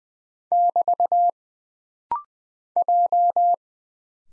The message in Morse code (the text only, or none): <BT> J